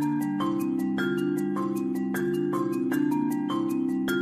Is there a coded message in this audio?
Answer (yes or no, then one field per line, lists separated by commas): no